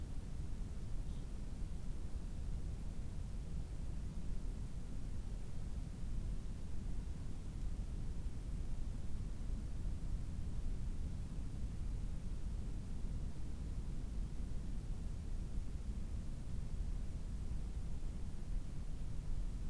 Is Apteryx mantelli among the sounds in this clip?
no